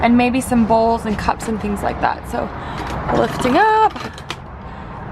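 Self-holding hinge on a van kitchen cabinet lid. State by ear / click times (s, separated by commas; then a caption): seated / 4.3 s. Someone talks while the wooden lid of a van kitchen cabinet, mounted on self-holding hinges, is lifted up. A short, sharp click is heard at 4.3 seconds as the hinges lock the lid in the open position.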